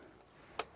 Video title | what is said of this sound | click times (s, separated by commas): How to check the oil level in a Caterham | and make sure it clicks into place. | 0.6 s